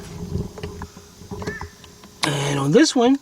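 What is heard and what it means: During an ignition lock cylinder housing replacement on a Volkswagen Jetta or Beetle whose key will not turn, the airbag electrical connector is handled and lined up with the clock spring socket before being plugged in. Light plastic taps and rustles are heard, followed by a loud broadband noise from 2.2 s while someone talks. Nothing has seated or clicked yet.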